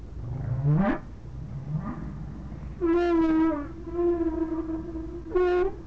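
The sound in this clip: Whale giving two brief rising sweeps, then a series of loud, steady tonal moans with strong harmonics, each starting abruptly.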